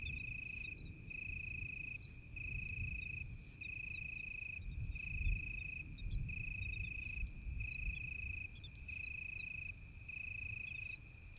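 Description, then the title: Italian tree cricket singing a steady pure trill in regular bursts with brief gaps, while a sharp higher chirp repeats and low rumbling noise runs underneath. Sung in deep darkness on a moonless night during a thunderstorm with occasional lightning; a vineyard bush cricket is also audible in the background. "naturophonie. Un grillon sous l'orage"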